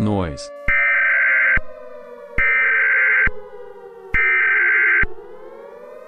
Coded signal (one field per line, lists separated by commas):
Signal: Emergency Alert System (SAME) tones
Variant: header bursts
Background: speech